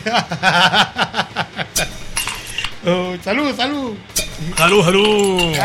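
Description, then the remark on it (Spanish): Glasses of beer clink together several times in a quick, bright flurry for a toast, then voices start talking loudly and cheerfully over the fading chimes. “Salud. Oye, se te acabó la chela,”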